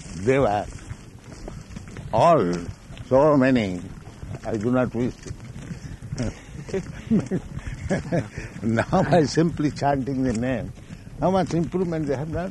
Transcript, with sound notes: they were all so many, I do not wish to... [laughing] Now by simply chanting the name, how much improvement they have done?